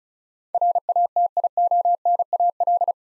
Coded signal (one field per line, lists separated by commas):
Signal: Morse code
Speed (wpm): 36 wpm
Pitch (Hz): 700 Hz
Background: none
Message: RATIONAL